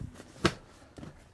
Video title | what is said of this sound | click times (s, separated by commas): SLEEP 6 - SEATS 6!! Sprinter 144 Van Build | and then this pops into place | 0.5 s